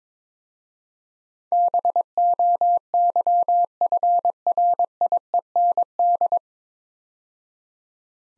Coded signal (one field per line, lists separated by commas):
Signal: Morse code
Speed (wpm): 22 wpm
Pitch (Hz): 700 Hz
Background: none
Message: BOYFRIEND